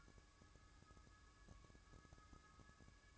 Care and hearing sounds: daily activity, microphone in the room; take from stove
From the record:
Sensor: 2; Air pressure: 1007.8 hPa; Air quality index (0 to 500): 101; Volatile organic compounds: 1 ppm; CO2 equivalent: 764 ppm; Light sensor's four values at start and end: 6/15/6/6 and 6/15/6/6

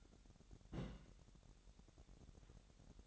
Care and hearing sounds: daily activity, microphone in the room; place on stove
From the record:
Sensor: 3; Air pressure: 1012.0 hPa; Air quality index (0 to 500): 210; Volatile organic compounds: 4 ppm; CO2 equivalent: 1571 ppm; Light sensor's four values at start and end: 108/256/107/97 and 108/256/106/97

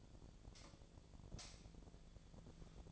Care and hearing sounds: daily activity, microphone in the room; light off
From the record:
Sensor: 5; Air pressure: 1009.9 hPa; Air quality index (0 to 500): 159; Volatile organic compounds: 4 ppm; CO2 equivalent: 1545 ppm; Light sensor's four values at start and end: 174/441/184/197 and 173/439/183/196

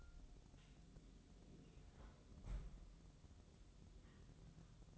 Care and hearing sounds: daily activity, microphone in the room; close fridge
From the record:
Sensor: 3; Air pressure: 988.4 hPa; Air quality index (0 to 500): 193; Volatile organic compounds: 286 ppm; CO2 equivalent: 4449 ppm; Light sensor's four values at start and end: 24/75/31/27 and 24/75/31/27

